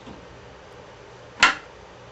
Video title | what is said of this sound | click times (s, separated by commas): Ford Expedition Front Brake Pad Replacement - Part 2 - 1997 | yep that's how it goes so it goes goes in on the bottom and then it comes back up and you heard it snap right | 1.4 s